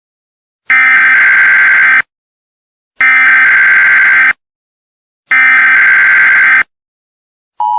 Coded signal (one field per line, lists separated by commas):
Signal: Emergency Alert System (SAME) tones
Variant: header bursts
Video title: EAS scenerio brightest sun ever